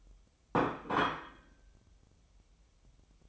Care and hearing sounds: daily activity, microphone in the room; place plate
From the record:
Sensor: 1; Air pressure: 988.6 hPa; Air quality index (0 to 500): 197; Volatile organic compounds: 934 ppm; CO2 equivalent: 5233 ppm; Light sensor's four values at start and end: 25/93/35/36 and 25/93/35/36

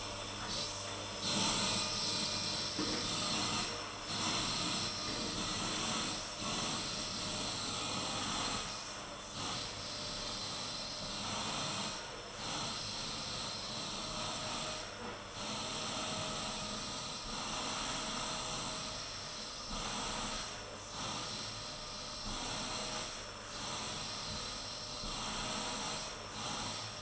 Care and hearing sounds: daily activity, microphone in the room; vacuum cleaning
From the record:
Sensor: 4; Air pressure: 992.6 hPa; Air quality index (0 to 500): 146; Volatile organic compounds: 94 ppm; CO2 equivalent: 3712 ppm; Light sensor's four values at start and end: 18/63/23/24 and 19/65/24/25

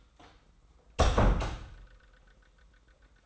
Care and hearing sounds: daily activity, microphone in the room; close door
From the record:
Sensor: 3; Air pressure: 990.4 hPa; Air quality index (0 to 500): 173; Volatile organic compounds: 1000 ppm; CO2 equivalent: 5622 ppm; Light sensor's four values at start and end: 48/114/46/44 and 48/114/47/44

